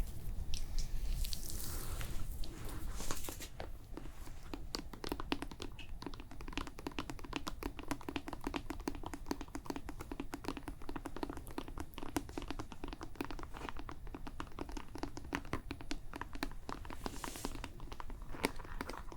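A facial care treatment with rapid, uneven tapping and patting of hands on skin, dense and continuous for the whole stretch. Brighter hissy bursts rise early, around the first three seconds, and again near seventeen seconds, over a low steady murmur.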